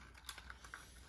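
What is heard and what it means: A plastic propeller guard is pressed onto the other side of a drone arm. Small, sharp plastic snaps sound at 0.3 s and 0.7 s, with softer ticks between them. The guard is seated well on the arm.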